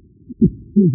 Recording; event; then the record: neck accelerometer signal played as sound; no cough (speech, laughter, throat clearing or background)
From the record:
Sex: male